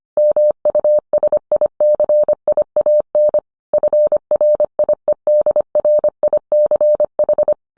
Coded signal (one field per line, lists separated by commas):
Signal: Morse code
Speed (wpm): 25 wpm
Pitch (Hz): 600 Hz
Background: none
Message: MUSICIAN FRIEDRICH